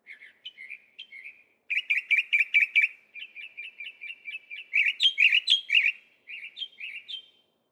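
Northern mockingbird singing a varied run of chirpy phrases, each note type repeated several times before switching, with louder bursts of rapid notes in between.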